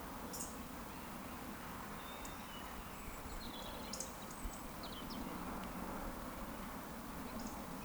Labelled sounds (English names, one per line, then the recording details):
Eurasian Woodcock whistle
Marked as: whistle, whistle, whistle
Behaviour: display flight
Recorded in Baden-Württemberg, Germany, on 14 June 2020 at 19:20 UTC
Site 14569, 102 m above sea level